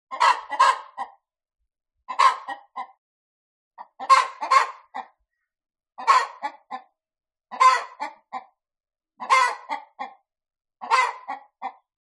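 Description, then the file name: Chicken clucking: seven bursts of harsh, throaty clucks, several notes each, repeated about every one and a half seconds over a silent background. A cockerel (male chicken), clucking. "zapsplat. cockrel clucking"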